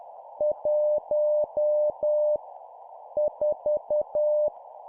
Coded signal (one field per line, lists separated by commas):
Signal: Morse code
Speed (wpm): 10 wpm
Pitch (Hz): 600 Hz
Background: none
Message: 1 4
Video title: 10wpm Random Numbers, morse code course